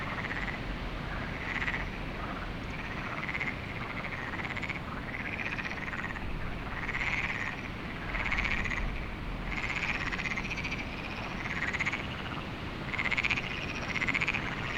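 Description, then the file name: Frogs calling in a chorus of pulsed, rasping notes repeated in bursts, over a constant low roar of wind. Frogs recorded at Lagoa do Canário with wind, binaural recording. "Lagoado Canario frogs wind web binaural"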